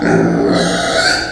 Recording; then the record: squeal of a Yucatan mini pig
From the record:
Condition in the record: before surgery on the right vocal fold (resection and tissue-engineered implant); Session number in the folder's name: 3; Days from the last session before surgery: 0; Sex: female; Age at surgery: 19 weeks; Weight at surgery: 25 kg